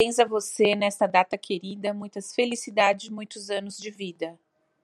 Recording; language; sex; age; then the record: short text; Brazilian Portuguese; female; 50 to 59 years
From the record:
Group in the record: control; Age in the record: 53 years